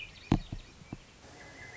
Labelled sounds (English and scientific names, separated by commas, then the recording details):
Swainson's Thrush (Catharus ustulatus)
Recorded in Sonoma County, California